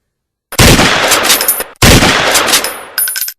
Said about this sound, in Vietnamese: Hai tiếng súng cùng lúc vang lên. Hai tiếng này làm cho người trong kho hàng chấn kinh